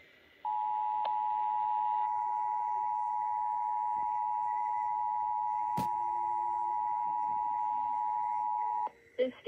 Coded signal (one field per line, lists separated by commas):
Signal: Emergency Alert System (SAME) tones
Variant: 853 and 960 Hz attention tone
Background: speech